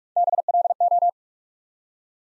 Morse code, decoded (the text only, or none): BLO